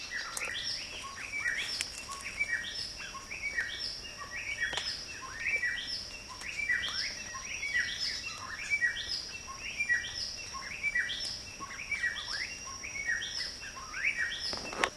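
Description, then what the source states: Silktail calls: many short high downward-slurred notes repeated over a light continuous hiss. Recorded at Vidawa in June 2008.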